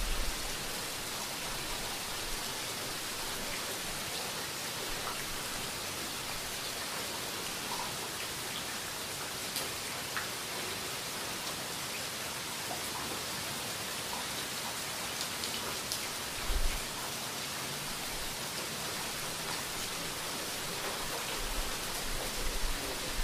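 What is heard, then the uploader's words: Soft rain falls steadily, a dense even hiss of fine drops that barely changes across the recording. A few slightly louder taps stand out briefly, around the middle and again near the end, over the constant patter. Soft rain fall.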